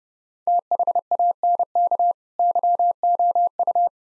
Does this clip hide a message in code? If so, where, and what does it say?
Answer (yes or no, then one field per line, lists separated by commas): yes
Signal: Morse code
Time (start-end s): 0.5-3.9 s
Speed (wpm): 30 wpm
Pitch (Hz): 700 Hz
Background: none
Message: THANK YOU